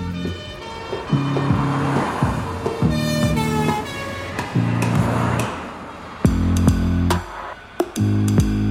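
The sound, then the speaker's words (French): A police car speeds off down a street, its siren blaring in repeated flat, horn-like two-tone blasts, each lasting about a second, loud over a rushing wash of traffic and engine noise. “L'instant d'après, les policiers l'embarquent dans une voiture qui part en trombe, toute sirène hurlante.”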